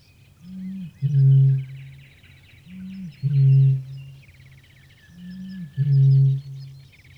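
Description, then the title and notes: Eurasian bittern gives three deep booms about two seconds apart, each led by a quieter gulping note, over a steady background of chirping songbirds. Spring field recording from Päijät-Häme, Finland, released 1983 on cassette. "Ilkka Heiskanen Kevät - Luontoääniä Päijät-Hämeestä. Kaulushaikara"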